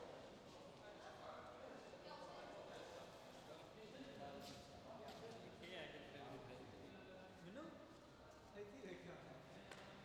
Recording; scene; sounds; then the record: everyday scene through a hearing-aid microphone; reverberant space; background noise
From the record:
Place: railway station hall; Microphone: in the ear canal, left